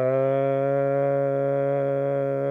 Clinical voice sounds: sustained vowel /a/; male; 40 to 49 years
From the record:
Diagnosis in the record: healthy control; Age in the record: 41 years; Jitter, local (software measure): 1.06%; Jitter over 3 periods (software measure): 0.68%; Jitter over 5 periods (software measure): 0.50%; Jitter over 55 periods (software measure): 0.61%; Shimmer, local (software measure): 3.2%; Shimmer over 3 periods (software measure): 1.9%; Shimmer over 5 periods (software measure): 1.6%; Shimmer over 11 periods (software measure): 2.1%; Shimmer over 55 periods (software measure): 3.7%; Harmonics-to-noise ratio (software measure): 16.5 dB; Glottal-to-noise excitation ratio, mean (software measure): 0.96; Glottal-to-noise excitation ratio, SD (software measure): 0.014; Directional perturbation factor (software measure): 87.7%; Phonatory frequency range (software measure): 0.15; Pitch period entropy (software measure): 1.40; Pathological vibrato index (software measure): 0.22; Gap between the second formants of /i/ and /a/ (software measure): 801 Hz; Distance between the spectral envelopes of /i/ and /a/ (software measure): 10.5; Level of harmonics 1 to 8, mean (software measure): -10.4, -12.6, -8.2, -1.8, -11.9, -34.8, -28.1, -27.9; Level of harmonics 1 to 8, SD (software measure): 0.6, 0.7, 0.7, 1.1, 3.2, 5.4, 2.1, 2.4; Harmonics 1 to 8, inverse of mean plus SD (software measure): 0.091, 0.075, 0.113, 0.345, 0.066, 0.025, 0.033, 0.033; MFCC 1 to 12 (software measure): 3.5, -8.8, -2.7, -14.8, -7.0, 6.0, 6.8, 3.9, -12.8, -5.3, -1.7, -5.1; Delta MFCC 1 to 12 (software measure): 0.016, 0.016, 0.003, 0.005, -0.040, -0.016, 0.003, -0.008, 0.033, -0.005, -0.017, -0.016

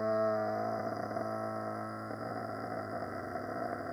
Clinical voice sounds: sustained vowel /a/; male; 50 to 59 years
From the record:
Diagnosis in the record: amyotrophic lateral sclerosis, bulbar onset 9 months earlier, bulbar signs present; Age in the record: 58 years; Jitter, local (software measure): 5.39%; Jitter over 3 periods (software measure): 3.22%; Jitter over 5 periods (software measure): 3.32%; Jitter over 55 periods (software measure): 5.99%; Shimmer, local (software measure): 29.4%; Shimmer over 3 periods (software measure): 16.8%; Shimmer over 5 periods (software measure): 18.4%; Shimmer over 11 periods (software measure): 20.8%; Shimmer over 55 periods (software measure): 23.2%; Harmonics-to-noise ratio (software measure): 1.2 dB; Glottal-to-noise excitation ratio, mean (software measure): 0.86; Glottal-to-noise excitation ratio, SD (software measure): 0.038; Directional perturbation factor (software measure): 70.6%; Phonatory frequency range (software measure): 2.06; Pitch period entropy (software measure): 3.39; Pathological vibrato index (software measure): 3.15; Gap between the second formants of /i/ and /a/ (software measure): 583 Hz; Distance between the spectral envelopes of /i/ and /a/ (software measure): 8.0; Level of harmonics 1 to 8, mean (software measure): -22.1, -21.0, -27.2, -29.4, -31.1, -36.1, -46.2, -54.1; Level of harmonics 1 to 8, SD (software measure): 4.8, 6.3, 8.9, 8.1, 6.4, 19.1, 20.9, 15.4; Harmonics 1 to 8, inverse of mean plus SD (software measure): 0.037, 0.037, 0.028, 0.027, 0.027, 0.018, 0.015, 0.014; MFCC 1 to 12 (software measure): 5.4, -18.5, 4.0, -3.9, -11.9, 11.5, -4.0, -2.2, -10.1, -6.9, 10.4, 2.7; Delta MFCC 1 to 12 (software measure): -0.005, 0.004, 0.014, 0.000, -0.009, -0.001, -0.002, -0.008, -0.006, 0.001, 0.023, -0.004

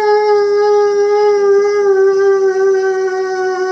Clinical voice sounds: sustained vowel /a/; female; 60 to 69 years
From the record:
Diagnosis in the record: amyotrophic lateral sclerosis, bulbar onset 12 months earlier, bulbar signs present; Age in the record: 64 years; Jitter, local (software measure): 0.44%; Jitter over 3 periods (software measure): 0.27%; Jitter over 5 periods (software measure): 0.35%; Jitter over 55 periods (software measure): 0.49%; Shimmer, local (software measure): 3.2%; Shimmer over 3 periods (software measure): 1.5%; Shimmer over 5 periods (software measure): 2.1%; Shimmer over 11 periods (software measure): 2.6%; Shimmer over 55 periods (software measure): 8.8%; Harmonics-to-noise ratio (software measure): 17.4 dB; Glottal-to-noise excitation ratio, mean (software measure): 0.91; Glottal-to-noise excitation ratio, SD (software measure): 0.042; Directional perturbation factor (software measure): 56.2%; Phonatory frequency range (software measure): 0.21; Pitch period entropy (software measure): 0.35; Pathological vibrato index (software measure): 0.24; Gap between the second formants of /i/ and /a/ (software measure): 784 Hz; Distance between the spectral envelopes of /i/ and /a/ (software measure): 3.0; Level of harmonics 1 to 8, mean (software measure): -5.0, -20.0, -25.0, -24.5, -33.8, -55.0, -56.2, -55.6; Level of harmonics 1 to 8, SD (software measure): 3.1, 6.6, 4.8, 4.7, 5.8, 9.5, 9.2, 8.2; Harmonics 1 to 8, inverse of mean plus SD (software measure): 0.124, 0.038, 0.034, 0.034, 0.025, 0.015, 0.015, 0.016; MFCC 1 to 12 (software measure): -2.6, -14.4, -5.7, -13.1, -21.3, -3.2, -5.5, 4.9, 16.6, 16.9, 12.4, -9.1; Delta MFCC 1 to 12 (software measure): 0.002, -0.007, 0.003, 0.022, -0.003, -0.037, 0.030, -0.042, -0.033, -0.017, 0.070, 0.085

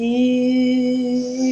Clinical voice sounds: sustained vowel /i/; female; 60 to 69 years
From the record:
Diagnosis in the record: healthy control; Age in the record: 60 years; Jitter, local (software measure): 0.75%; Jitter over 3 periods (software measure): 0.46%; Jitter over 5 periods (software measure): 0.45%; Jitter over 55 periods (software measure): 0.81%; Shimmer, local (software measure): 4.6%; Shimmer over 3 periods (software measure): 2.6%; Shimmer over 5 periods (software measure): 2.7%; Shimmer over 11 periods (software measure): 3.2%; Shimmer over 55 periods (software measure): 8.6%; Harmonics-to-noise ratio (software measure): 20.6 dB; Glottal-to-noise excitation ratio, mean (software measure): 0.89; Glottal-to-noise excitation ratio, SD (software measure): 0.034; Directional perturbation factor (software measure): 77.8%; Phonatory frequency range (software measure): 0.18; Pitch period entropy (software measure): 1.75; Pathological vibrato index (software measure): 0.24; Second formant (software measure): 2793 Hz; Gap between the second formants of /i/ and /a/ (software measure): 1519 Hz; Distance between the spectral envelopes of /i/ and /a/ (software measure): 7.0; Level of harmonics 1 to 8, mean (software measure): -4.6, -13.0, -33.5, -56.2, -58.4, -60.5, -58.6, -53.6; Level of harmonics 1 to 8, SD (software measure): 3.4, 3.9, 6.1, 6.2, 4.9, 5.4, 5.3, 8.5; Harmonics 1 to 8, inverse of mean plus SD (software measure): 0.124, 0.059, 0.025, 0.016, 0.016, 0.015, 0.016, 0.016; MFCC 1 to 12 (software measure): -1.3, 12.5, -14.1, -22.0, -3.4, -15.9, -3.9, -11.1, -11.1, -8.8, -0.2, -5.7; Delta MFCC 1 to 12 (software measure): -0.024, 0.000, 0.007, -0.033, 0.010, -0.073, -0.046, 0.042, -0.065, -0.017, 0.061, -0.006

